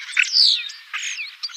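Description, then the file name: Common starling song phrase, squeaky and harsh, mixing a rasping squawk with quick sliding whistles and brief clicks. "star vogel gesang"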